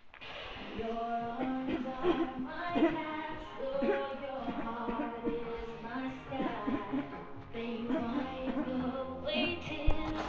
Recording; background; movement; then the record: throat clearing; music; walking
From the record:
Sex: female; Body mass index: 36.4 kg/m2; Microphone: on the chest, facing outward